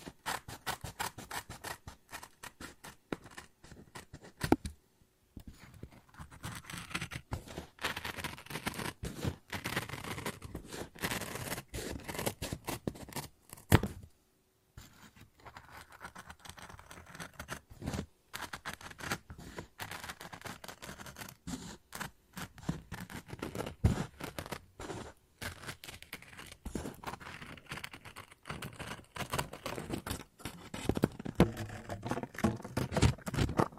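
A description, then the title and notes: Scissors snip and cut through paper in dense runs of quick crisp cuts. Brief pauses come near 5 and 14 seconds, and faint rustling and scraping of the paper fill the gaps between snips. ASMR Scissors No Talking Snips and Cutting Paper.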